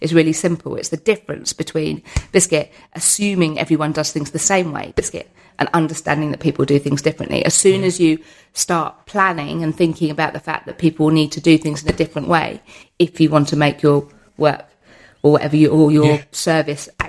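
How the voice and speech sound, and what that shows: An adult woman speaks fluently in a mid-pitched voice, and her speech is twice broken by an involuntary word, 'biscuit', a vocal tic of Tourette syndrome.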